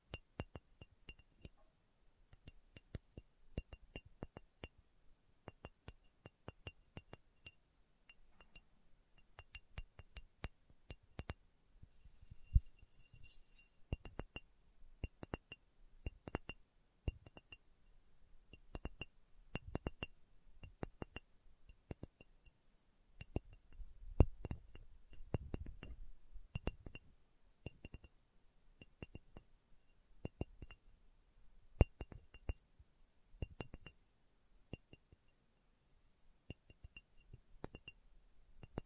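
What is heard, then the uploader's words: Slow tapping on a hard surface, likely glass, with sharp clicks and clinks arriving in uneven bursts and short pauses throughout. The taps are crisp, some heavier with a low thud near the middle. ASMR Slow Tapping for Deep Sleep (No Talking).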